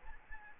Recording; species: mosquito wingbeat signal from an infrared sensor; Aedes albopictus